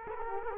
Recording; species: mosquito wingbeat signal from an infrared sensor; Culex quinquefasciatus